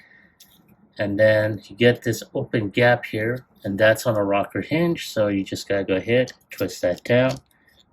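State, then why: Not seated. A plastic leg section of a transforming robot action figure is handled at its rocker hinge joint, about to be twisted down. Faint small ticks come at about 0.4 and 0.7 seconds, then someone talks through the rest of the clip. Nothing has seated or clicked into place yet.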